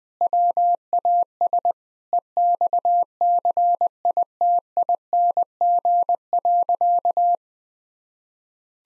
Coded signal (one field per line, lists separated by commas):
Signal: Morse code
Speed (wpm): 20 wpm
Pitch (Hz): 700 Hz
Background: none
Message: WAS EXCITING.